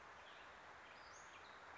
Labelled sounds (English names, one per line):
Western Flycatcher